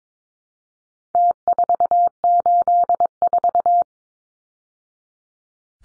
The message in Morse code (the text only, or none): T484